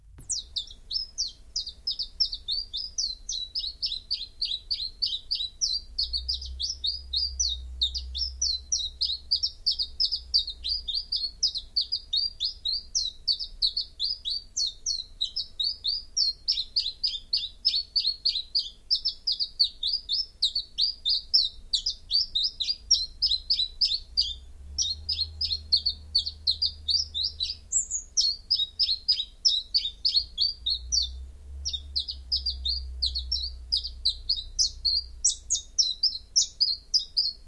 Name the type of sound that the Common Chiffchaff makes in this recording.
song